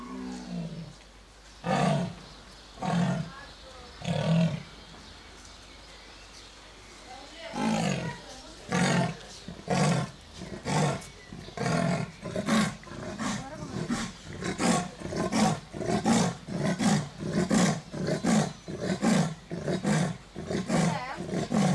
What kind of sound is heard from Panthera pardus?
call